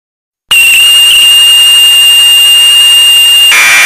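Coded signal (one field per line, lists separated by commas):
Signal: Commodore tape loading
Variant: Commodore 64 Datassette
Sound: a steady high-pitched lead tone for three seconds, then harsh buzzing data noise begins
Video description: Questa è 'la voce' del #Datassette che carica un gioco sul mitico #Commodore64.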